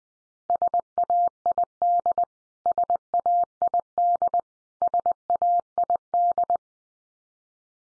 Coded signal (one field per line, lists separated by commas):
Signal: Morse code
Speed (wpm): 20 wpm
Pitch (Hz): 700 Hz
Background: none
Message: SAID SAID SAID